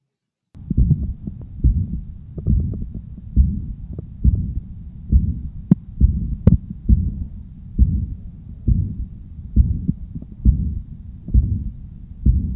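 Heart by stethoscope in a 59-year-old man with subacute dyspnea, about 67 beats per minute. Non-characteristic S1, soft S2, and a soft blowing holosystolic murmur, loudest near the apex and radiating to the axilla. A classic example of mitral regurgitation.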